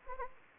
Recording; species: mosquito wingbeat signal from an infrared sensor; Anopheles gambiae